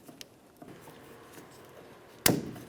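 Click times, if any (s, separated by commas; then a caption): 2.3 s. A 3157 wedge bulb is pushed into the plastic reverse lamp socket of a 2005–2010 Dodge Dakota tail lamp, with a few faint taps and handling noises beforehand. A single sharp click at 2.3 s shows the bulb has seated in the socket.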